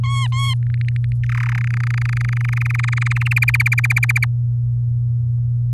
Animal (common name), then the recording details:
Domestic Canary. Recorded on 8 May 2018 at 14:20. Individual llb16